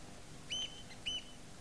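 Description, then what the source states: Far Eastern curlew giving two short, thin, high whistled call notes about half a second apart over a steady background hiss. Recorded at Manly.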